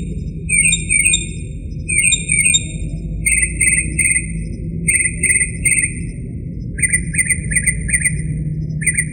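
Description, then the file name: Northern mockingbird song with brisk chirped phrases, each type repeated a few times before the bird changes to a new motif; steady low hum behind. "kicauan-burung-northern-mockingbird -omkicau"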